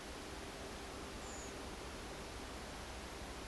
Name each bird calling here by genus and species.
Turdus iliacus